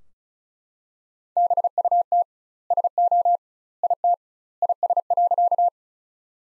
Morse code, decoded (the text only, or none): BUT SO IT IS.